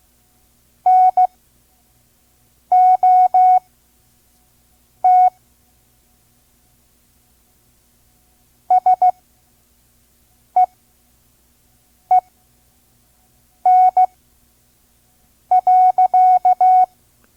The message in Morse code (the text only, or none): NOT SEEN.